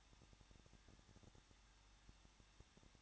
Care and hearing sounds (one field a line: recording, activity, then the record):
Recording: daily activity, microphone in the room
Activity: no activity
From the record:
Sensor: 3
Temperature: 21.2 degrees Celsius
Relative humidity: 36.3%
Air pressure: 1006.3 hPa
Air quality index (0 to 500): 222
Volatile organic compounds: 41 ppm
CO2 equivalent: 3164 ppm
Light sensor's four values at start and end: 2/3/2/2 and 2/3/2/2